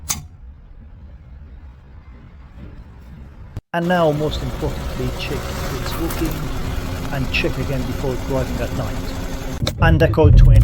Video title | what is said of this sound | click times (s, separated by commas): How to Fix Code 20 on Vauxhall Corsa Astra Opel & Replace Headlight bulb | until you hear a click. | 0.1 s